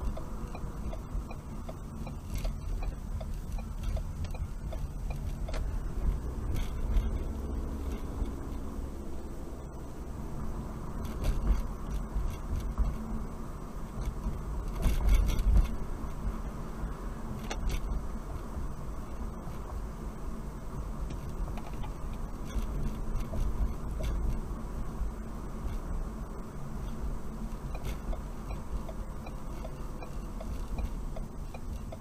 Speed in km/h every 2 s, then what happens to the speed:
31, 19, 19, 26, 35, 39, 40, 42, 42, 40, 40, 39, 40, 40, 37, 31.
0-2 brakes to 19. 4-9 speeds up to 39. 9-26 steady at about 40. 26-32 slows to 31.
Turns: 0-5.